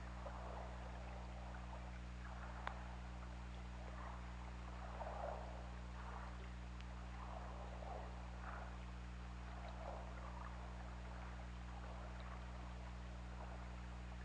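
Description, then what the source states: Killer whale calls, a long run of brief smeared pulsed calls repeating irregularly, with a few sharp clicks and a constant low hum. OrcaLab hydrophone recording, 16 February 2018, 16:36:03.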